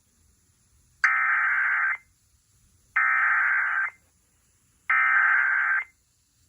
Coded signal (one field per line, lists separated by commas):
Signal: Emergency Alert System (SAME) tones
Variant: header bursts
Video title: EAS #254 Severe Thunderstorm Warning